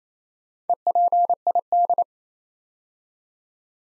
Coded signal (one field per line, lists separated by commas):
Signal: Morse code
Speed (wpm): 27 wpm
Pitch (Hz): 700 Hz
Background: none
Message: EPID